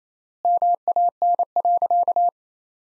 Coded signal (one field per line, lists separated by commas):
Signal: Morse code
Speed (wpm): 28 wpm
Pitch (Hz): 700 Hz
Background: none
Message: MAN.